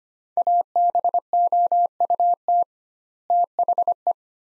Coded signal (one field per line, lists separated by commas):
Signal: Morse code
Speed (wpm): 25 wpm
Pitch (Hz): 700 Hz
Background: none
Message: ABOUT THE